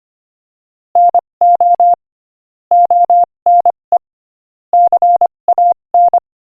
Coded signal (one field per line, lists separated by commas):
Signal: Morse code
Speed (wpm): 25 wpm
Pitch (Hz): 700 Hz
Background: none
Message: NO ONE CAN